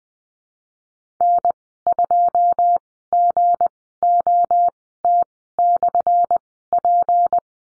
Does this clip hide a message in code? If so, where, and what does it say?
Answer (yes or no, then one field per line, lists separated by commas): yes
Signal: Morse code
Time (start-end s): 1.2-7.4 s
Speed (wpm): 20 wpm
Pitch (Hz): 700 Hz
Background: none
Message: N2GOT/P